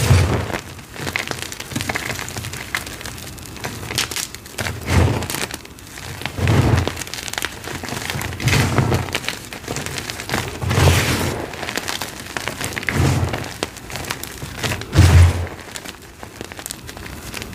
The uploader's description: Glassy Crunchy Gym Chalk Shards & Rolling Pin Crushes